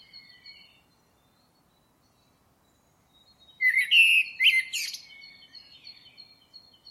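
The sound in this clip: Bird: faint thin whistles at first, then one loud chattering phrase of rapid chips, followed by quieter high notes.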